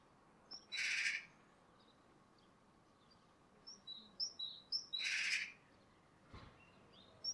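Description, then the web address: Great tit calls: two harsh, rasping bursts about four seconds apart, with scattered short, high, thin notes between them. "SETE data Parus major"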